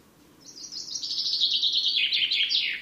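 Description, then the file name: Common chaffinch song: a lively run of high repeated notes descending steadily, finishing in a sharp downward flourish, with light background hiss. "Fringilla coelebs"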